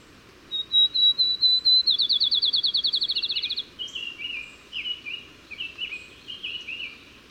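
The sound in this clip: Bird singing several short high whistles, then a rapid trill of repeated notes, ending in lower, slurred phrases.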